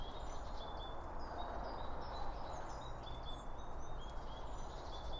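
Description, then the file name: Birds giving thin, high chirps and short whistled notes in quick succession, set against a constant low background hum. Birds around a bird feeder, recorded with two Line Audio OM1 microphones. "Birds Around Birdfeeding With Two Om 1 From Line Audio"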